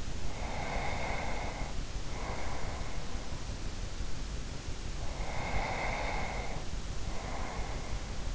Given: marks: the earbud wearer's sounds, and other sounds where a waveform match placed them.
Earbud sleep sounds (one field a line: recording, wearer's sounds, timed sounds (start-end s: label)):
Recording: sounds in sleep by an in-ear microphone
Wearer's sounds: breath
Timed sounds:
0.24-3.60 s: breath
4.96-8.35 s: breath